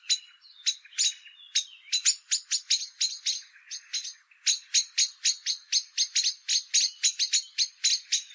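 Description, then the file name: Common blackbird scolding call, a rapid string of hard, clicking chak notes, about four per second, with a few thin squeaky notes early on. "Turdus merula"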